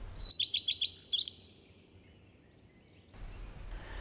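Common Redstart song: a clear whistled opening note, then a quick run of repeated ringing notes and a short twittery ending, followed by quiet and faint background noise.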